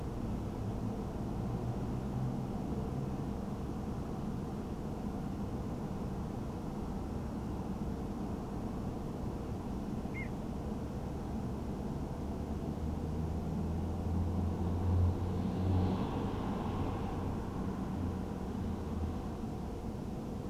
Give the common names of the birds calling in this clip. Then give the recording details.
Little Bittern. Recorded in France